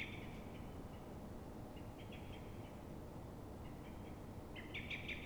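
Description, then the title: Common blackbird giving chinking alarm notes in several short, fairly faint series, the loudest burst at the end, over low steady background noise. Calling at dawn in Fuenlabrada, Madrid, Spain; frightened or threatened, probably by another blackbird; recorded twenty minutes after earlier calls; Zoom H1n recorder. "Pl. de Francisco Escolar, 10, Fuenlabrada, Madrid, España - Mirlo asustado"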